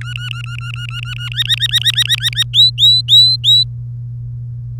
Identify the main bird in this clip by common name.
Domestic Canary